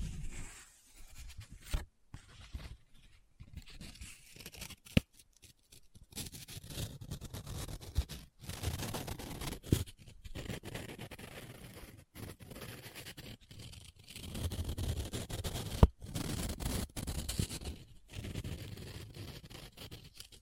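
Paper being handled up close: bursts of scratching, rubbing and crinkling come and go with short silent gaps between them. The sounds are dry and rustling, with low thumps underneath, and a few sharp snaps near 2, 5 and 16 seconds.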